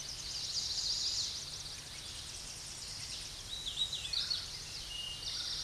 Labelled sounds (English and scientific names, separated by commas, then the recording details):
Hooded Warbler (Setophaga citrina) song
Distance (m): 40 m
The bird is about 30 m above the microphone
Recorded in a Pennsylvania forest on 16 May 2024 at 08:03
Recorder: AudioMoth, point MSD-2320
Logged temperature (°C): 12.8 °C
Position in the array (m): 182 m, 192 m